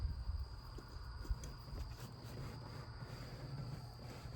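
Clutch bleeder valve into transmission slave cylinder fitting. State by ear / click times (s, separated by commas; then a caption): not seated / none. A stainless clutch bleeder valve, made for the F40 transmission for a Chevy Cobalt, is handled and pushed toward the hydraulic clutch slave cylinder fitting on a Saab 9-3 transmission. Low rumbling handling bumps and a brief light tap near 1.4 s sit over a steady broadband hiss with a constant high whine. Nothing has seated or clicked yet.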